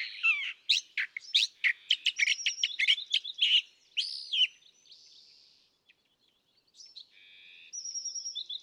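California thrasher song of loud, scratchy, jumbled notes delivered rapidly, a brief pause, then softer buzzy and whistled phrases.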